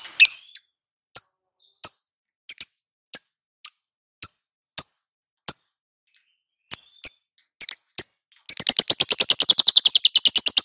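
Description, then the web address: Lovebird calls: repeated sharp, high-pitched chirps at an uneven pace, giving way to a long, fast buzzy chatter. Female lovebird. "love-bird suara-lovebird-betina"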